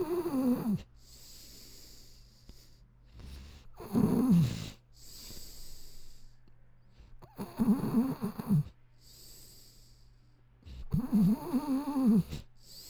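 Snoring from a sleeping adult: four loud snores, each lasting about one and a half seconds, recurring roughly every three to four seconds with quieter breathing between them. Each snore has a buzzing, tonal quality with a low pitched hum.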